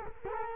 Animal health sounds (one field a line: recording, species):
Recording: mosquito wingbeat signal from an infrared sensor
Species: Culex quinquefasciatus